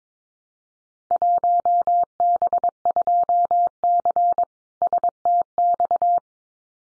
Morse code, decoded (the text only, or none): 1B2C STX